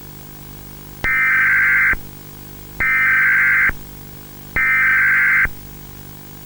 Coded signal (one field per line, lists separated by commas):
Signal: Emergency Alert System (SAME) tones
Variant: header bursts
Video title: CAPTURED MARY BELL COUNTY EAS ALARM (1982) // ARCHIVAL TAPE 2